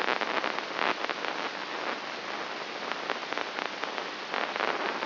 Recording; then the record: brain microelectrode recording played as sound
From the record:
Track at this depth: inside the subthalamic nucleus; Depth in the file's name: 4.63 mm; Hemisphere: left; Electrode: 3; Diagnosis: Parkinson's disease